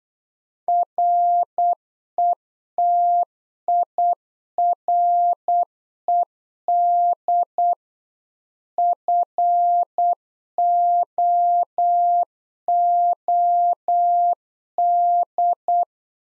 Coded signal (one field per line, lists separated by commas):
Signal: Morse code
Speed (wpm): 8 wpm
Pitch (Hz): 700 Hz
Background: none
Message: RETIRED FOOD